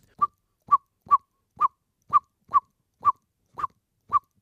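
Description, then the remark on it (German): Blackbird parents give a mild alarm call on seeing a cat, a ground predator, sitting still far off: nine short, clipped notes at a steady rhythm, about two per second, each a sharp mid-pitched 'chook' with no other sound around them. “Der Bodenfeind Alarmruf in leichter Form.”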